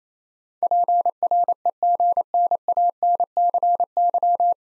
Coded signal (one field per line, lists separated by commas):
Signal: Morse code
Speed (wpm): 28 wpm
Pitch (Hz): 700 Hz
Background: none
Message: PREGNANCY